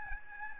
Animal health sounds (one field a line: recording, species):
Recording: mosquito wingbeat signal from an infrared sensor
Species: Aedes albopictus